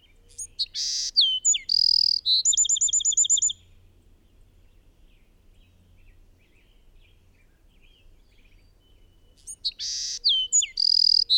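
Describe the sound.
Bird song, a complex high phrase with sweeping notes, a harsh buzz and a quick trilled run, then a long pause before the phrase starts again.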